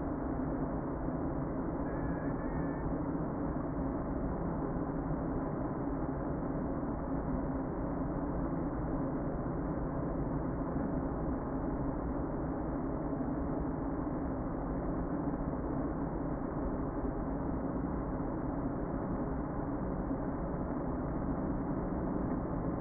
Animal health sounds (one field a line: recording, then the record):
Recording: honeybee colony, microphone inside the hive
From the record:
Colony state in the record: queen present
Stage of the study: before two queens were removed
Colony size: about 60,000 bees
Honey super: yes